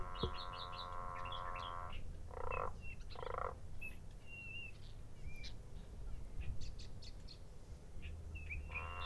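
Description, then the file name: Growling grass frog: a drawn-out growl opens, two brief grunts follow about a second apart, and another growl starts near the end, with bird chirps and low background rumble. Recorded at a treatment plant on 23 January 2016. "growling-grass-frog wtp-23-jan-2016"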